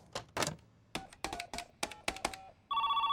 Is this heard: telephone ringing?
yes